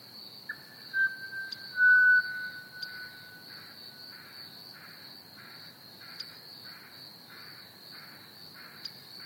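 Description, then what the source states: Pied Butcherbird song: one long, pure, nearly level whistle held for about three seconds, over a constant high cricket trill and a softer, regularly repeated pulsing buzz. With crickets chirping.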